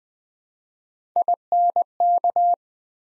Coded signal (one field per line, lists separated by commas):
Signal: Morse code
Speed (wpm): 20 wpm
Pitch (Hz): 700 Hz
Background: none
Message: INK